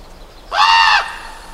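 Raven uttering one loud, hoarse, slightly arched call of about half a second, with rich harmonics and little other sound.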